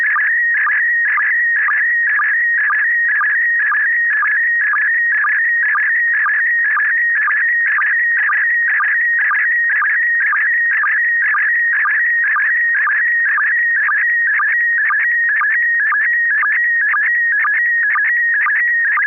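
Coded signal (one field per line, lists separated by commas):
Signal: SSTV (slow-scan television)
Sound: warbling tone shifting between pitches, with a short low click about twice a second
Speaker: this is kp4md this is a uh a view of the uh uh it's a transceiver it's a Chinese transceiver it's the USDX plus it's a single board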